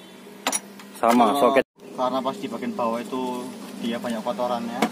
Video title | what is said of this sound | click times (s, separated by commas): honda bunyi mendengung saat kec tinggi. ganti bearing roda HRV #part 2 | Ini soketnya. Kalau masang diusahakan terus dengan bunyi klik ya. | 0.5 s